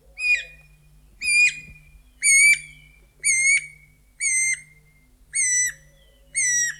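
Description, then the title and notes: Guira cuckoo calling: a series of seven loud whistled notes, each held briefly then dropping, repeated about once a second. Call described as a plaintive, prolonged whistle that becomes progressively harsher toward the final notes; species lives in small groups. "Museo de Ciencias de Bahía Blanca. Pirincho (Guira guira). Su vocalización consiste en un lastimero y prolongado silbido que se torna progresivamente más áspero al llegar a las notas finales"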